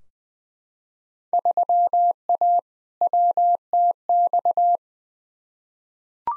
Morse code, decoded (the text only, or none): 3A WTX